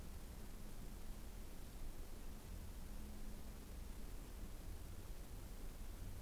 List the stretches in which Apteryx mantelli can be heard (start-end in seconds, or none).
none